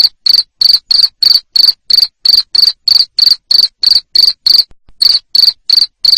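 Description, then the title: Cricket giving rapid, shrill chirps in an even rhythm, with one short gap before resuming. Loud chirping of a cricket, played to make lovebirds sing ngekek continuously. "Suara JANGKRIK NGERIK Keras Bikin LOVEBIRD Jadi NGEKEK Terus Vubey"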